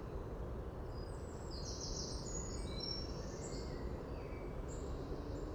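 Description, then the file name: Eurasian wren calling with a spread of faint, high, thin notes, some briefly sliding down, against constant low-pitched background noise. "Troglodytes troglodytes"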